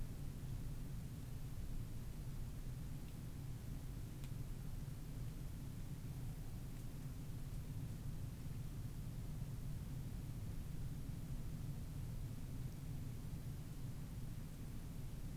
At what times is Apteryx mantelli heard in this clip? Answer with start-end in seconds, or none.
none